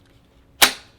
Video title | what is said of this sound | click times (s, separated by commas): My Solo Content Creator Cinema Rig using the FX3/FX30 Cineback | All right, so that's nice, it clicked in. | 0.6 s